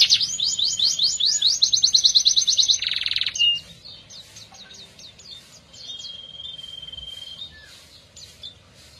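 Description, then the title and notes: Atlantic canary singing a fast rattling trill for three seconds, a harsh burst, then softer scattered notes and a long steady whistle. F1 canary; therapy recording meant for a canary that has stopped singing. "TERAPI KENARI MACET. Kenari F1"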